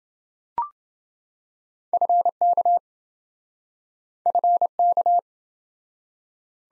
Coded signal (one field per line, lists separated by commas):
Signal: Morse code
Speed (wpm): 27 wpm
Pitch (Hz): 700 Hz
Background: none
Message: FK FK